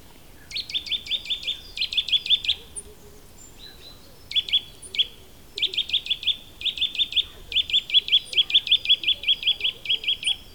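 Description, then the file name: Eurasian nuthatch giving bursts of quick rising whistled notes, several rapid series of varying length, separated by short pauses, with faint background birds. "Sitta europaea"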